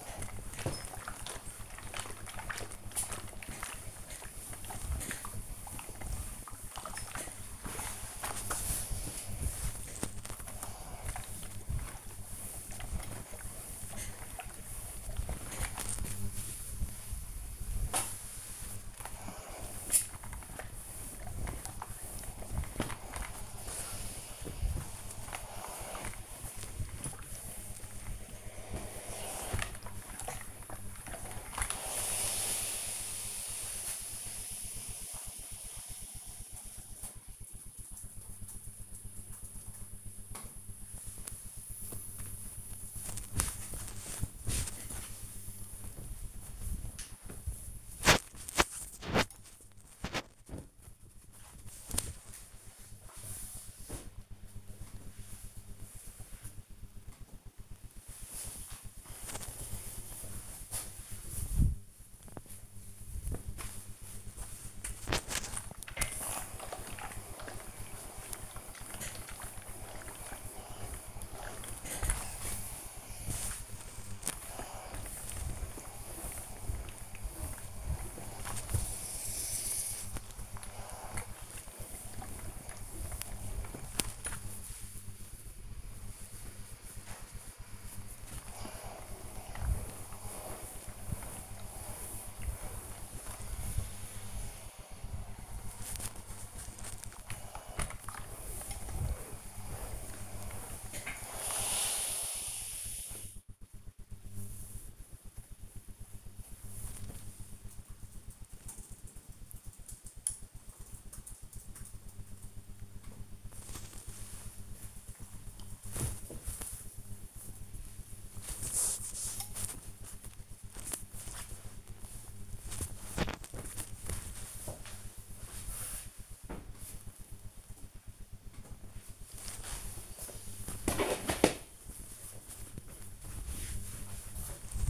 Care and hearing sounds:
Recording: household activities, microphone on the right wrist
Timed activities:
0.00-34.50 s: ironing laundry
39.52-54.55 s: folding laundry
56.56-106.78 s: ironing laundry
112.82-125.86 s: folding laundry
127.87-134.90 s: ironing laundry

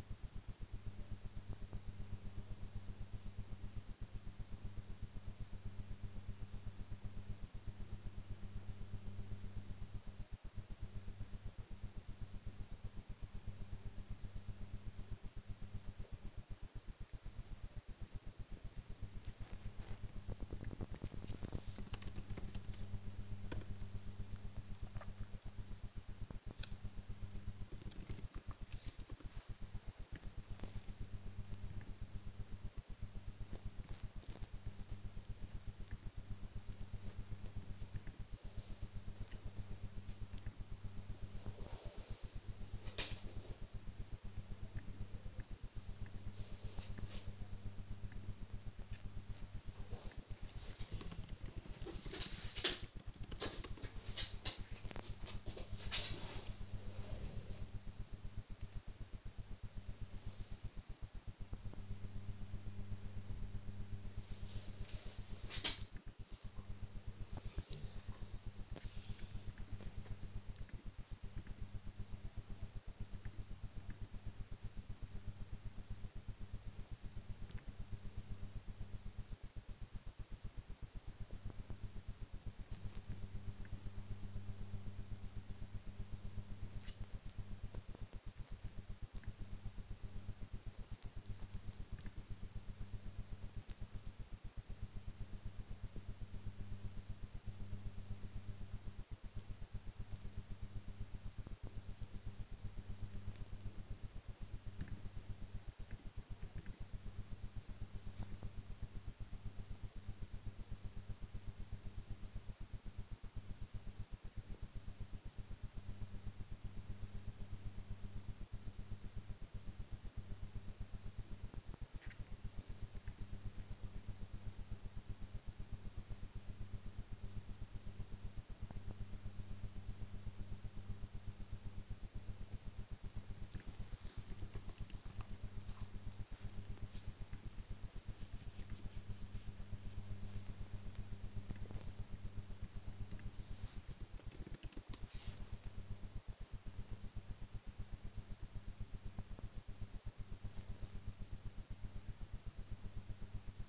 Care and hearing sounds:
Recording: household activities, microphone on the right wrist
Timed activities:
0.00-66.38 s: working on the computer
67.40-153.69 s: working on the computer

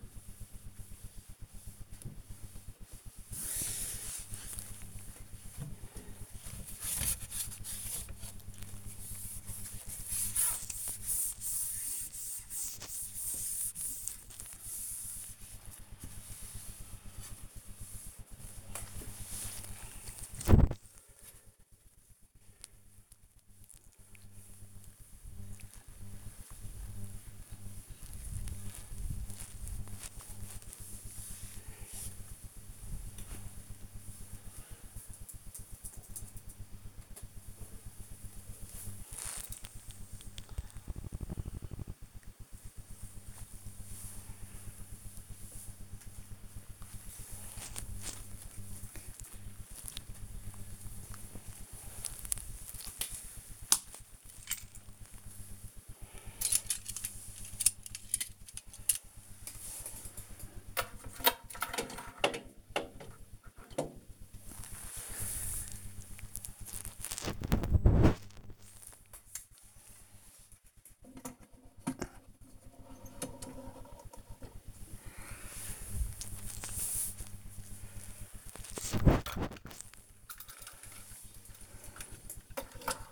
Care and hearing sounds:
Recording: household activities, microphone on the right wrist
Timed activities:
0.00-36.70 s: dusting model cars
49.77-83.12 s: dusting model cars

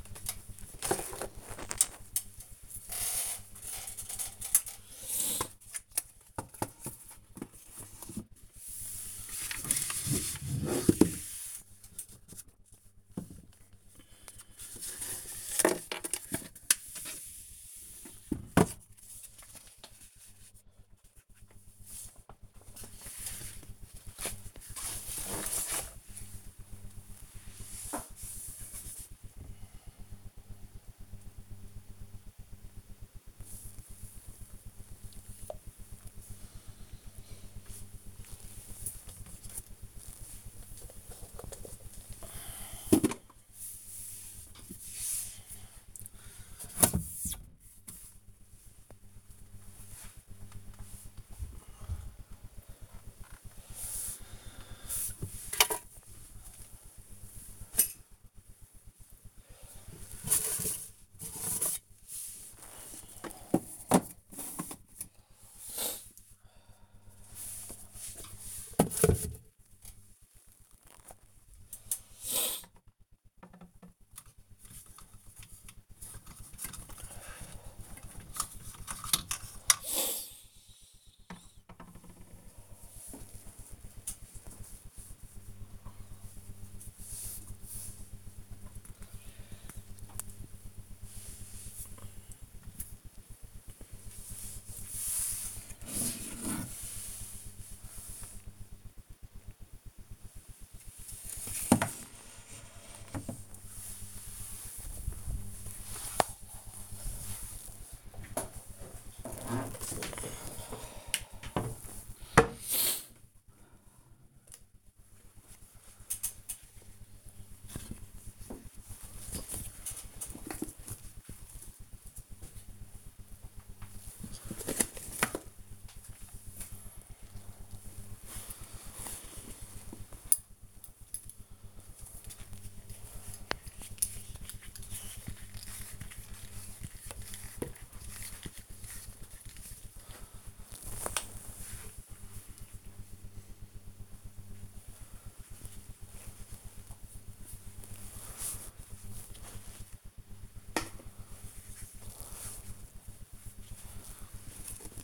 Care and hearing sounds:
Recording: household activities, microphone on the right wrist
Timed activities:
0.00-85.14 s: tidy up the cupboard
88.17-155.04 s: tidy up the cupboard

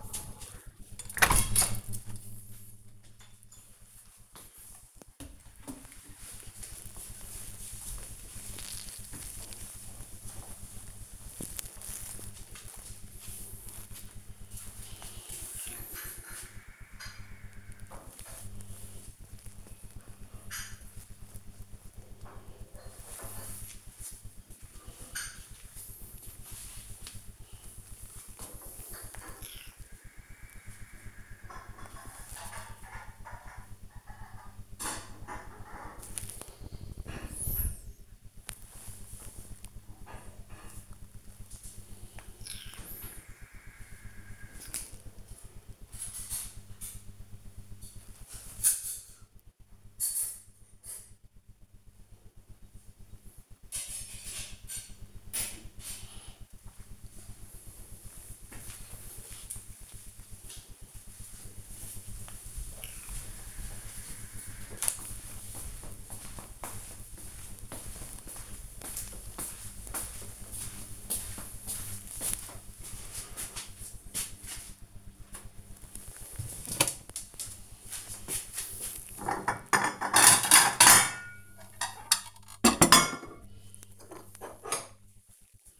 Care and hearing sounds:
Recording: household activities, microphone on the right wrist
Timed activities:
0.00-2.88 s: window cleaning
74.31-85.80 s: putting away the dishes

